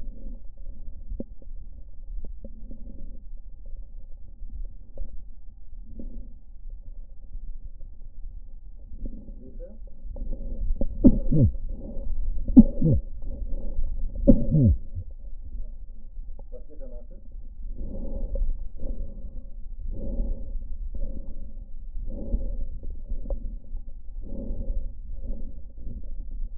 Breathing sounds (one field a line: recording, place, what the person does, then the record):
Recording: lung sounds by stethoscope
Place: left posterior basal chest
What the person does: quiet breathing, then deep breathing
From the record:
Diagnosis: COPD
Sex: female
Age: 80 years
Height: 160 cm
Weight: 62 kg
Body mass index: 24.2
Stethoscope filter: diaphragm mode